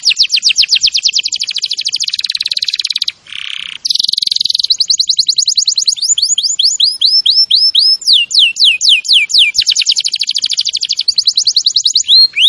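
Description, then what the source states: Canary song, a loud run of rapid high trills and sweeping whistled notes, with a brief buzzy harsh phrase after about three seconds. Canary singing vigorously (gacor).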